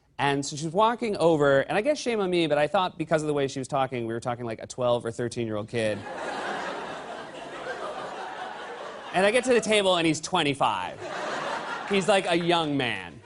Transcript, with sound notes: And so she's walking over - and I guess, shame on me, but I thought because of the way she was talking, we were talking like a 12 or 13-year-old kid.
(LAUGHTER)
And I get to the table, and he's 25. He's like a young man.